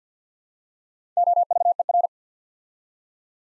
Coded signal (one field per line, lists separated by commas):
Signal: Morse code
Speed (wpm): 50 wpm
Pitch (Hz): 700 Hz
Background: none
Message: OVER